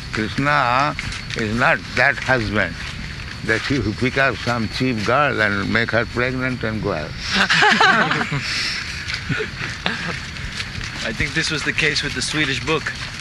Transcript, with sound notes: Kṛṣṇa is not that husband that he would pick out some cheap girl and make her pregnant and go away. [laughter]
I think this was the case with the Swedish book.